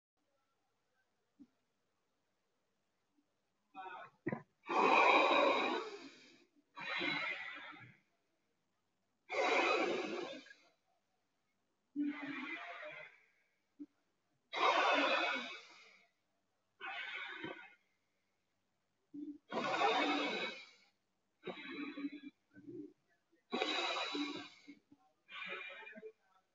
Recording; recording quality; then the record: deep breathing; excellent, no background noise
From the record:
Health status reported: healthy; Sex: male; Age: 24 years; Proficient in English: yes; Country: India